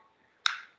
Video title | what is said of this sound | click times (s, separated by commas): Lab Demo 1. Lily Nelson, Christine Rolfe, Lauren Mueller | now as i walk it will click more | 0.5 s